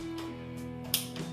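A sensor cable connector is pressed into the control board of a Prusa i3 MK3S+ printer, just above the ribbon cable, over quiet background music. A sharp, short click at 0.9 s is followed by a softer sound around 1.2 s, and the connector is seated, confirmed by the click.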